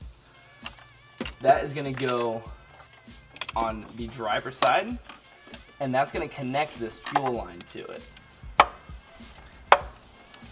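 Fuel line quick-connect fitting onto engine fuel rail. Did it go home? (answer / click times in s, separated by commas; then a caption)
yes / 8.6 s, 9.7 s. Fuel line quick-connect fittings are pushed onto the new aftermarket fuel rails on the driver side of a V8 engine, each needing to snap into place or it will not feed fuel. Someone talks, then two loud, sharp snaps ring out at 8.6 s and 9.7 s. The fittings are seated.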